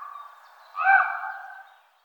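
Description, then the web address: Common raven uttering one drawn-out, hoarse call that swells in the middle and then fades away. "IVN Zangvogels -Raaf"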